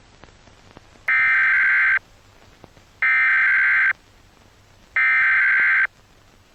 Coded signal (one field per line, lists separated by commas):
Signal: Emergency Alert System (SAME) tones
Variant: header bursts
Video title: Eas scenario #4 im not loving it